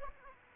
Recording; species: mosquito wingbeat signal from an infrared sensor; Aedes aegypti